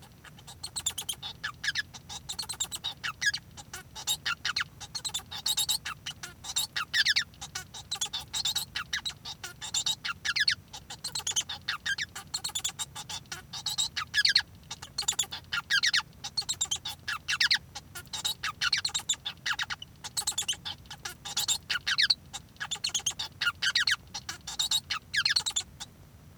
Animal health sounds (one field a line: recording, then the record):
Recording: song of a male Bengalese finch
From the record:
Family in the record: son of father 1